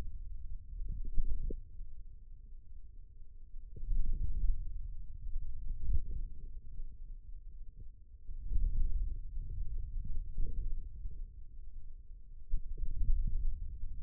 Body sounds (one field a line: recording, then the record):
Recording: forearm muscle sounds (acoustic myography)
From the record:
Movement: hand closing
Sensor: system 2, bracelet of six BSWA MPA416 microphones around the upper forearm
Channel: 4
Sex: male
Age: 22 years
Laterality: right